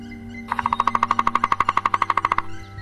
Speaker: a nad nami cały czas odzywa się dzięcioł czarny.